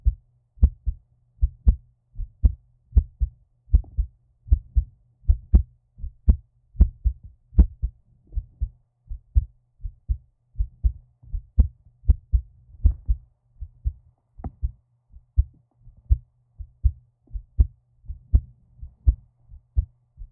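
Dull, low-pitched thumps repeat at about 78 beats a minute, heard close up as if lying in a woman's arms with an ear against her chest. A faint low hum sits underneath. This is an ordinary adult heartbeat.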